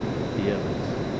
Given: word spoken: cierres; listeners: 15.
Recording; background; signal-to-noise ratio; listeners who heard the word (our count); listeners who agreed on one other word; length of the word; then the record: one Spanish word in noise, from a listening test; speech-shaped noise; -4.6 dB; 0 of 15; 8 of 15; 0.80 s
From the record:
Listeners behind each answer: 8, 1, 1, 1, 1, 1, 1, 1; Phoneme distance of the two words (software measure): 37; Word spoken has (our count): 2 syllables, 6 phonemes, stress on syllable 1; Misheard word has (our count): 2 syllables, 7 phonemes, stress on syllable 1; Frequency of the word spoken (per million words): 2.17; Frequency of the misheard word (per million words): 60.86